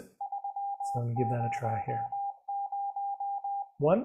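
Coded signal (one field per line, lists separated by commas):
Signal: Morse code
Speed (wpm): 20 wpm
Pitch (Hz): 800 Hz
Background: speech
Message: 300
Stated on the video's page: CW (Morse) and SSTV telemetry modes transmitted by the AMSAT CubeSatSim Lite satellite simulator.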